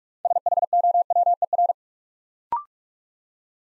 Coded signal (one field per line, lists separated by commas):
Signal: Morse code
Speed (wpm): 44 wpm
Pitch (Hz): 700 Hz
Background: none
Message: SHOWER